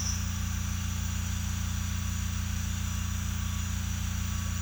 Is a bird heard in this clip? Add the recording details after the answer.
no. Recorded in secondary vegetation near Puerto Asís, Putumayo, Colombia, on 18 December 2024 at 07:30. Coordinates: 0.485, -76.322. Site GP08